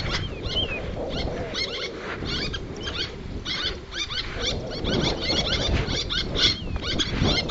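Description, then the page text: Little tern calls: dense, harsh, rasping notes in close series, with a few short descending squeaky whistles, over a steady low rumbling background. "Albert Lastukhin - Малая крачка (Sterna albifrons)"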